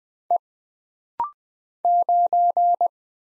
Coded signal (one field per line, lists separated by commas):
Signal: Morse code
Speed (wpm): 20 wpm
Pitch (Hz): 700 Hz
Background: none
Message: E 9